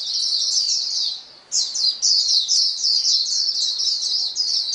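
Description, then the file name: White-eyes singing together: a dense chorus of high, thin, rapid twittering chirps running almost without pause, broken once by a brief lull. A chorus of many white-eyes singing together. "paduan suara pleci"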